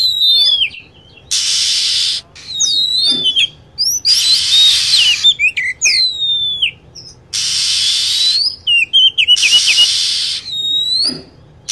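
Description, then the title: Lovebird calling, shrill whistles curving downward and quick chirp runs, mixed with repeated bursts of rasping hiss. Lure sound used to attract lovebirds. "PIKAT BURUNG LOVEBIRD"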